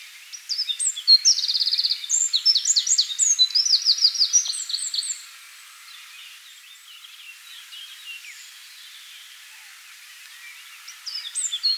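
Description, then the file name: Eurasian wren song: a rapid, loud outburst of high trills and twittering notes lasting about four seconds, then quiet, with a new burst starting at the end. "Troglodytes troglodytes"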